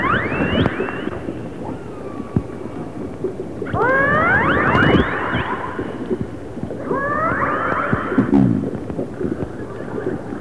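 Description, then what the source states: Orca calls, bursts of rising harmonic calls that sweep upward in quick succession, returning in several groups over a steady underwater hiss with clicks. Resident orcas of the A clan.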